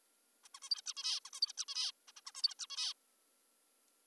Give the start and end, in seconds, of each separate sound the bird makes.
0.44-0.48, 0.55-0.60, 0.62-0.69, 0.71-0.81, 0.86-0.94, 0.97-1.20, 1.25-1.30, 1.33-1.40, 1.42-1.53, 1.58-1.65, 1.68-1.92, 2.08-2.12, 2.17-2.21, 2.26-2.32, 2.35-2.42, 2.43-2.54, 2.59-2.66, 2.70-2.93